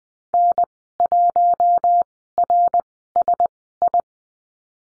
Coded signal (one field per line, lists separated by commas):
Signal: Morse code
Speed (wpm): 20 wpm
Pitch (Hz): 700 Hz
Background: none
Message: N1RSI